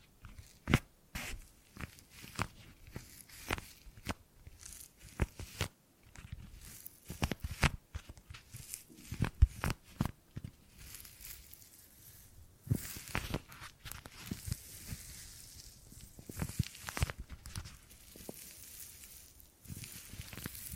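Gripping and grabbing sounds come as quick, irregular rustling scrapes and dull thumps, clustered densely throughout with brief pauses, some crisp and bright.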